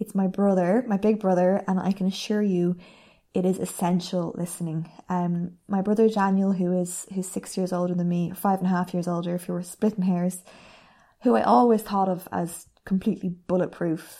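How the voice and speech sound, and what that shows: A woman speaks fluently in a clear, steady voice with natural pauses, an ordinary speech pattern.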